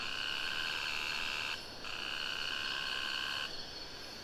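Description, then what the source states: Cicada droning a steady, harmonic buzz, briefly cut off at about 1.6 seconds, then resuming until a drop near 3.5 seconds. Singing cicada recorded close to the river in the Sumatra jungle at Ketambe, Aceh region, using a Sony PCM D50.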